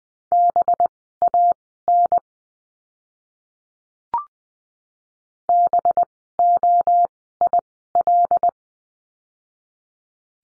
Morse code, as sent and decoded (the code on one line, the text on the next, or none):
-... .- -. / -... --- .. .-..
BAN BOIL